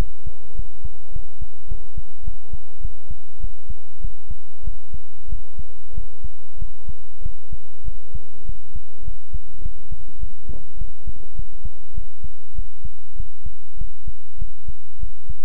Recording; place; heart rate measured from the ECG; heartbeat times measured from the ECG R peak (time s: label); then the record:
heart sounds by stethoscope; between the tricuspid and mitral areas; 100 bpm
0.54 s: heartbeat
1.11 s: heartbeat
1.67 s: heartbeat
2.23 s: heartbeat
2.80 s: heartbeat
3.39 s: heartbeat
4.00 s: heartbeat
4.63 s: heartbeat
5.28 s: heartbeat
5.93 s: heartbeat
6.57 s: heartbeat
7.21 s: heartbeat
7.83 s: heartbeat
8.44 s: heartbeat
9.03 s: heartbeat
9.61 s: heartbeat
10.18 s: heartbeat
10.77 s: heartbeat
11.34 s: heartbeat
11.93 s: heartbeat
12.54 s: heartbeat
13.15 s: heartbeat
13.76 s: heartbeat
14.37 s: heartbeat
14.98 s: heartbeat
From the record:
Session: pedaling a stationary bicycle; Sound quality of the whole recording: good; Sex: male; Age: 24 years